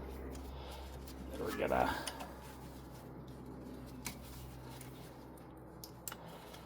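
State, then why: Seated. On a 2008 Audi A4 during a front brake pad replacement, the power connector for the brake wear sensor is plugged into its harness connector while someone talks. After a few soft handling ticks, a sharp plastic click at 6.1 s marks the connector clipping in and seating.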